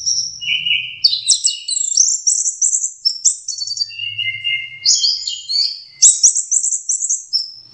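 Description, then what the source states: Orange-headed thrush song, continuous varied warbling with quick trills and whistled notes, some phrases dropping to lower slurred whistles, faint low rumble in places. Training song (masteran).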